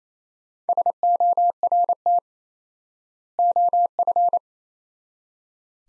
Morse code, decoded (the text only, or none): SORT OF